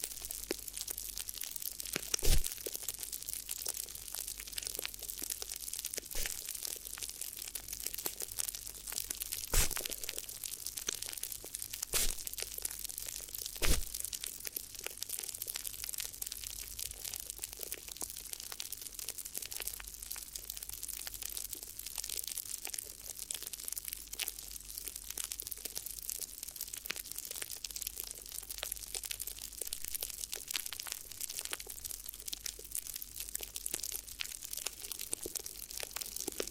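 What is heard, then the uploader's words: An ear massage made of crinkly sounds: a dense, steady stream of crisp rustling and crunching that stays bright and hissy throughout. A few sharper crackles stand out above the texture, near 2, 10 and 14 seconds, with a faint low hum underneath. ASMR Addictive Crinkly Ear Massage (No Talking).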